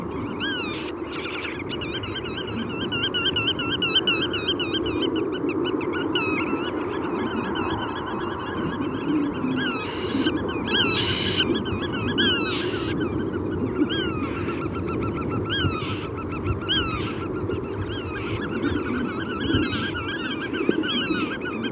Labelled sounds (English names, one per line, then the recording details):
Black-tailed Godwit call
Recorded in the wild
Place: Amsterdam, Noord-Holland, NL
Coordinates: 52.368, 4.904
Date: 1990-05-14
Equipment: Nagra III BH, Sennheiser MD 21, parabola
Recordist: Schubert, Michael
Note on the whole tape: Diverse Rufe Uferschnepfe